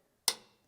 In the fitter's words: there it is all right so we're properly tored here